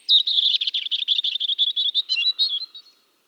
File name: Erithacus rubecula